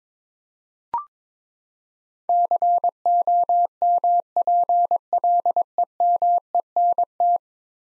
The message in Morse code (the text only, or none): COMPLEMENT